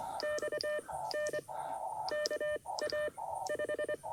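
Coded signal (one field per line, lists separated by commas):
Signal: Morse code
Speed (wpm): 25 wpm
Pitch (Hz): 1800 Hz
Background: none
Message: XN KA 5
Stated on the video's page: QRP CW Parks on the Air activation at a national wildlife refuge, using an Elecraft K2 and Packtenna end-fed half-wave antenna.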